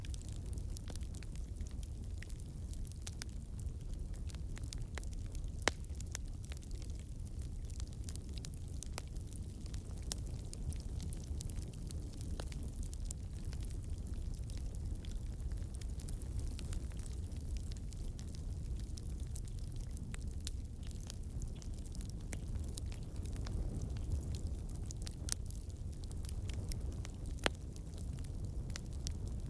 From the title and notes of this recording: Campfire. Cosy crackling fire.